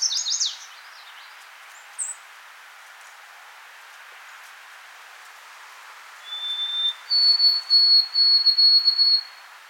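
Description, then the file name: White-throated Sparrow whistled song: a few high scratchy notes at the start, then clear pure whistles late, one steady tone followed by a higher repeated whistle. "Zonotrichia albicollis - White-throated Sparrow"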